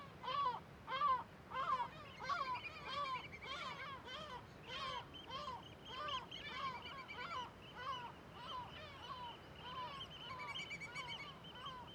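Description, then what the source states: Gulls giving alarm calls: loud, harsh, rhythmic barking calls, about one and a half per second, with high rattling trills from other birds behind. Wild gulls and other birds in a huge cliff amphitheatre above Viðarlundin forest, Kunoy, Faroe Islands, alarmed by the recordist; quadraphonic recording with MixPre6II and DPA microphones.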